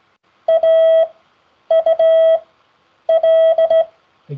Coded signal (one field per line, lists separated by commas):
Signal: Morse code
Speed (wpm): 16 wpm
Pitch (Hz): 650 Hz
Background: none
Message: AUL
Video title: The forth COOL CW Practice aired on the 19th September 2024